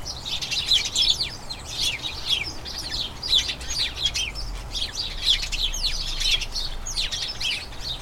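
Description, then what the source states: Flock of house sparrows giving rapid overlapping chirps, a bubbling chatter that never stops, rising in small surges. Colony of about a dozen house sparrows chattering incessantly in a small front garden as crocuses bloom, excitement signalling the colony turning to the breeding season.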